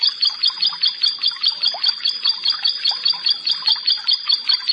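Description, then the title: Prinia uttering an even, rhythmic string of high ringing notes, several per second. "Ciblek Sawah"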